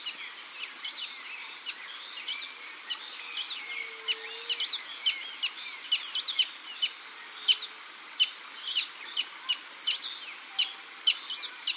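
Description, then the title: Scale-throated hermit singing a very high, squeaky phrase repeated roughly once a second, steady and insistent over a soft background hiss. Nominate subspecies Phaethornis eurynome eurynome. "LuckyPassaro Completos2Sama. Scale-throated Hermit (Phaethornis eurynome eurynome)"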